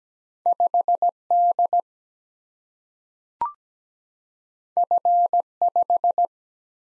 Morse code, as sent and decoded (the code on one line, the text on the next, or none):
..... / -.. / ..-. / .....
5 D F 5